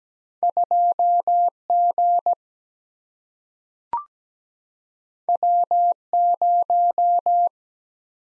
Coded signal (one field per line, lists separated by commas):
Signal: Morse code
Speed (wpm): 17 wpm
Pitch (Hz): 700 Hz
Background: none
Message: 2 G W 0